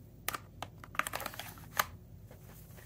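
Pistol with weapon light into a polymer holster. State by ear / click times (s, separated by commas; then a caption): seated / 0.3 s, 1.0 s. A compact pistol fitted with a weapon light is pushed into a polymer holster cinched down with bungee cords, and sharp retention clicks ring out at about 0.3 s and 1.0 s. Smaller handling clicks and rustles follow, with another crisp snap near 1.8 s. The pistol seats firmly in the holster's retention, and the audible click is treated as a good thing to have.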